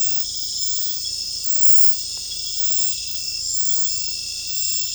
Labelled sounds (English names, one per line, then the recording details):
none
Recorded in secondary vegetation near Puerto Asís, Putumayo, Colombia, on 16 December 2024 at 20:00
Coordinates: 0.499, -76.323
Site G010